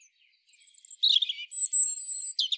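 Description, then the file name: European robin giving thin, high, sustained whistled notes alternating with short tumbling warbled phrases. "Erithacus rubecula"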